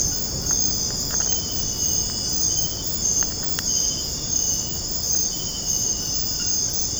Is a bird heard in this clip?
no